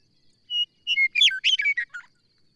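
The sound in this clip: Songbird phrase: a pure whistled opening note, then a rapid jumble of bright chirps and slurred notes dropping lower toward the end.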